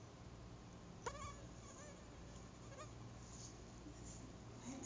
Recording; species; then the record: mosquito flight sound by mobile phone; Anopheles gambiae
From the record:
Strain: Kisumu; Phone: Google Nexus